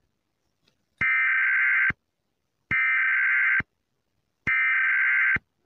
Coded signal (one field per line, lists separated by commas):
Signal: Emergency Alert System (SAME) tones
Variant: header bursts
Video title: "The Monster" (EAS Scenario)